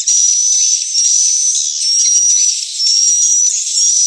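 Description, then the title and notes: Swiftlet call: a sustained, high, buzzy trill with a thin whistle running through it. Swiftlet house lure sounds, AKAU brand, Tien Giang, Vietnam. "Am thanh nha yen Akau Vietnam - Tien giang. Những âm thanh chim yến thuộc thương hiệu AKAU"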